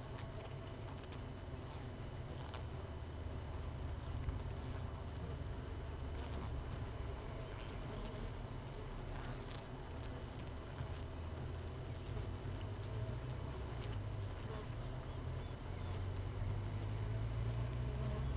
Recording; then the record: honeybee colony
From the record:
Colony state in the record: missing queen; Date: 31 May 2018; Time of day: 6:13